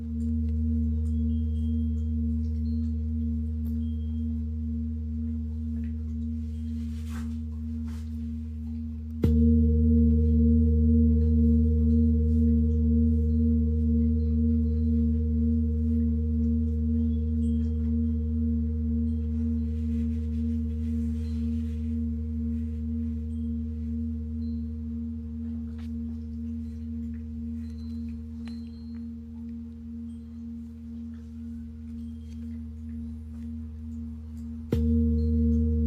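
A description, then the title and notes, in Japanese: Three large singing bowls ring with low, steady humming tones, struck again around nine seconds and near the end, each time slowly fading. 大きいボウル3つだけのサウンドヒーリングLive メキシコは朝です。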